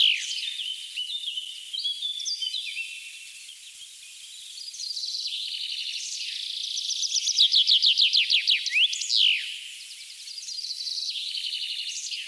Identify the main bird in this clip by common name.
Common Chaffinch